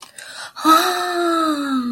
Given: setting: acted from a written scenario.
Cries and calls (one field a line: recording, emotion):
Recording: vocal sound without words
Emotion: adoration